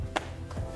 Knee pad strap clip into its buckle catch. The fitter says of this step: if you adjust it once perfectly all you have to do is just clip it in and you'll hear an audible little click sounds when it's in